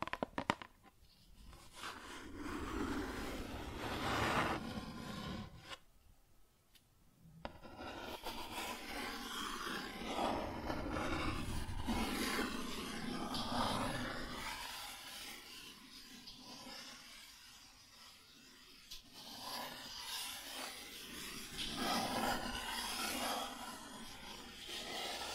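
Cardboard is scratched and rubbed in long, rough strokes that hiss brightly and swell and fade every second or two. There is a short quiet break near six seconds, then the dry scraping resumes almost without pause, with a few sharper ripping bursts toward the end.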